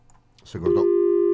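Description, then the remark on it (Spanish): A burst of crackly line noise and a brief muffled voice, then a loud steady electronic tone at a single mid pitch holds on, the signal a mobile phone line gives when a call drops. “Se cortó mal. Se cortó. Con ruido y todo, con el aviso.”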